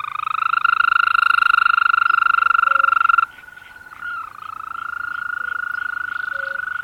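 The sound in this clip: European green toad calling with a sustained, fast-pulsed trill for about three seconds, followed by a softer trill that dips briefly and then steadies.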